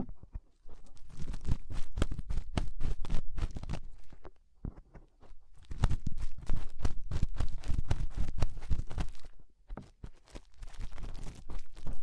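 Fingers rub and scratch inside an ear, making dense bursts of crackling, rustling clicks with a strong low thump beneath. The sound comes in stretches of rapid scraping, broken by short quiet pauses around 4.5 seconds and again near 9.5 seconds.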